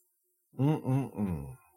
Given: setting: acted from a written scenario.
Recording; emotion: vocal sound without words; contentment